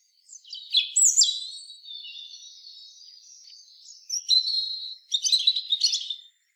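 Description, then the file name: European robin song, one long flowing phrase of high, thin whistles sliding downward, then quieter, sustained notes and a final burst of rapid twittering. "Erithacus rubecula"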